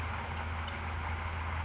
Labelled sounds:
California Towhee (Melozone crissalis)
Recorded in Sonoma County, California

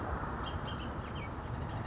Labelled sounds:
Bullock's Oriole (Icterus bullockii)
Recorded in Sonoma County, California

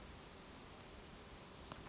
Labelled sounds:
Western Flycatcher (Empidonax difficilis)
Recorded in Sonoma County, California

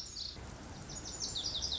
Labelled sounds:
Lazuli Bunting (Passerina amoena)
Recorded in Sonoma County, California

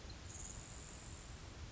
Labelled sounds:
Grasshopper Sparrow (Ammodramus savannarum)
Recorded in Sonoma County, California

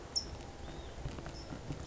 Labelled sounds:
California Towhee (Melozone crissalis)
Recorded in Sonoma County, California

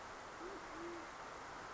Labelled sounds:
Band-tailed Pigeon (Patagioenas fasciata)
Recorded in Sonoma County, California

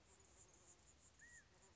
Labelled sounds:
California Quail (Callipepla californica)
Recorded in Sonoma County, California

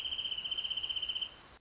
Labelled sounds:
Wrentit (Chamaea fasciata)
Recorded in Sonoma County, California

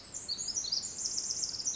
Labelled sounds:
Pacific Wren (Troglodytes pacificus)
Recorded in Sonoma County, California

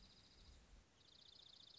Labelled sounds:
Dark-eyed Junco (Junco hyemalis)
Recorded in Sonoma County, California

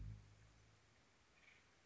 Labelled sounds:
Acorn Woodpecker (Melanerpes formicivorus)
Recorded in Sonoma County, California

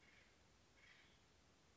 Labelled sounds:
Acorn Woodpecker (Melanerpes formicivorus)
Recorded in Sonoma County, California

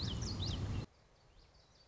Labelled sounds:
Common Yellowthroat (Geothlypis trichas)
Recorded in Sonoma County, California

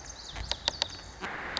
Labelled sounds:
Lazuli Bunting (Passerina amoena)
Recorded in Sonoma County, California

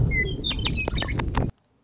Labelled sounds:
Western Meadowlark (Sturnella neglecta)
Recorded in Sonoma County, California

